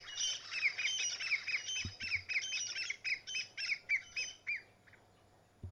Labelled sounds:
Crested Francolin (Ortygornis sephaena)
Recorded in northern Uganda

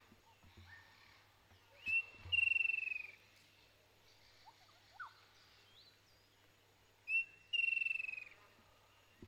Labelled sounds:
Striped Kingfisher (Halcyon chelicuti)
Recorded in northern Uganda

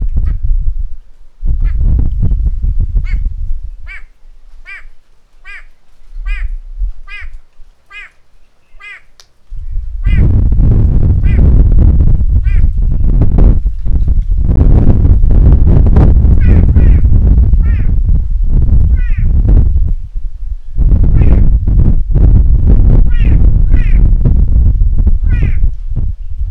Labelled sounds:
White-bellied Go-away-bird (Corythaixoides leucogaster)
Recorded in northern Uganda

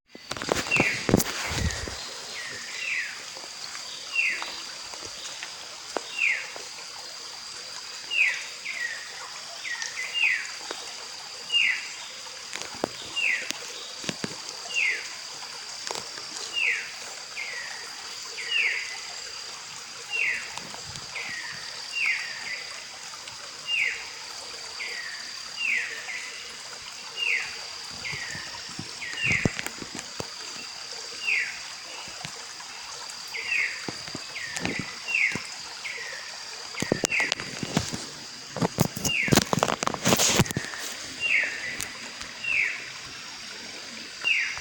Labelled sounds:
Red-throated Alethe (Chamaetylas poliophrys)
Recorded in Bwindi, Uganda

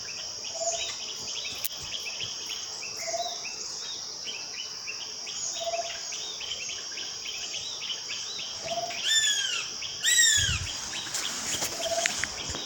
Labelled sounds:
Black Goshawk (Accipiter melanoleucus)
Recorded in Bwindi, Uganda

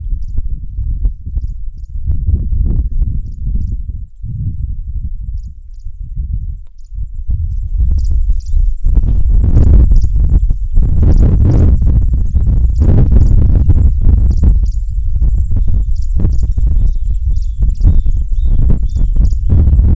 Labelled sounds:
Red-pate Cisticola (Cisticola ruficeps)
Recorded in northern Uganda

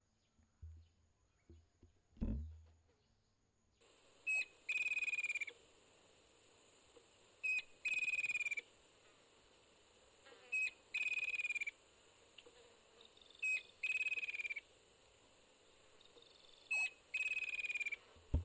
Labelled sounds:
Striped Kingfisher (Halcyon chelicuti)
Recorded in northern Uganda

